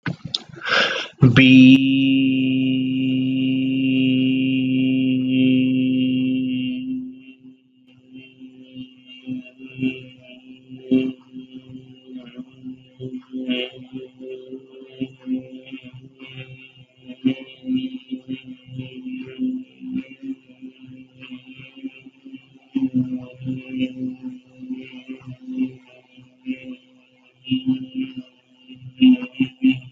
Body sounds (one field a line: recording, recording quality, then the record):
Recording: sustained vowel as in beet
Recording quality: excellent, no background noise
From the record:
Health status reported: healthy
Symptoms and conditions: asthma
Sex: male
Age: 21 years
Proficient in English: yes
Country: India